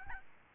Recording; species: mosquito wingbeat signal from an infrared sensor; Aedes albopictus